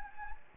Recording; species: mosquito wingbeat signal from an infrared sensor; Anopheles gambiae